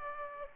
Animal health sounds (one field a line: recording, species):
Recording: mosquito wingbeat signal from an infrared sensor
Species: Aedes aegypti